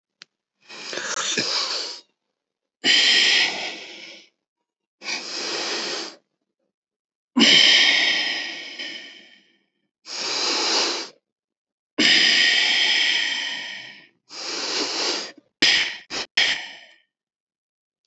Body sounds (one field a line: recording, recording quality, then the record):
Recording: deep breathing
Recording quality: excellent, no background noise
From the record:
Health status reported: healthy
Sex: male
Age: 34 years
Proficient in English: yes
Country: India